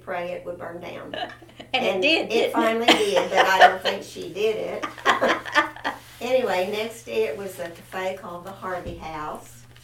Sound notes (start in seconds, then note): 1.1 laughter; 4.6 laughter